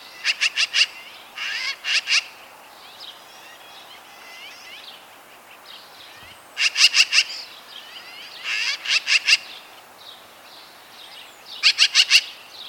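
Magpie chatter: clipped, rattling bursts of several rapid harsh notes at irregular intervals, with faint twittering of other birds behind.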